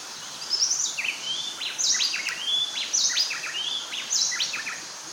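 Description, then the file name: Bay wren singing rich, ringing whistles mixed with sharp slurred notes in quick, jerky phrases, with constant hiss behind. "Bay Wren Cantorchilus nigricapillus"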